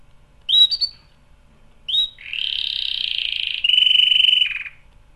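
Canary song: a few sharp upswept whistled notes, then long rapid rolling trills at a steady high pitch, ending on a lower, buzzier trill.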